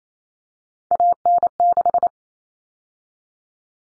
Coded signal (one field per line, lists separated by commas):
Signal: Morse code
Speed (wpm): 28 wpm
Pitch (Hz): 700 Hz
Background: none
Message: AN6